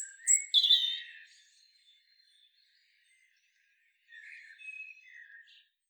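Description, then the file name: European robin giving a brief loud twittering phrase, then silence, followed by a quieter, lower warbled phrase. "Erithacus rubecula"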